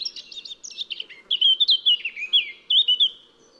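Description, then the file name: Eurasian blackcap delivering a continuous chattering warble that turns into louder, clear fluting phrases midway through. "Sylvia atricapilla"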